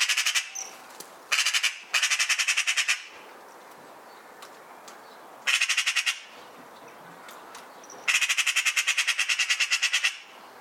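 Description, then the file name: Eurasian magpie giving dry, machine-gun chatters, several rattling bursts of varying length, the last one longest, separated by quiet gaps. "Pica pica"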